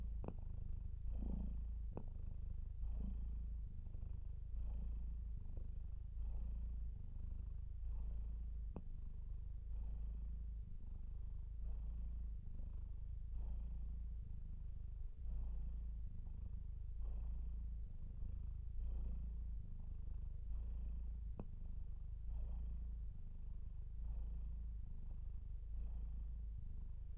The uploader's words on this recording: Just three quarters of an hour of the good cat boy Bilbo purring.